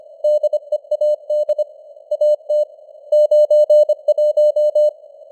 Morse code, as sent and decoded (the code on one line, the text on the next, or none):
-.. . .- -.. / .- - / ----. .----
DEAD AT 91